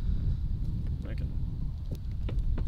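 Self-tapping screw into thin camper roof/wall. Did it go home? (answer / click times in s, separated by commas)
no / 2.3 s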